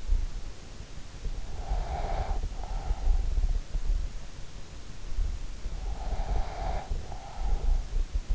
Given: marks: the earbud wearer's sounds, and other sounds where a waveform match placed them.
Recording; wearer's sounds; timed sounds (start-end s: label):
sounds in sleep by an in-ear microphone; breath
1.68-3.88 s: breath
5.83-8.35 s: breath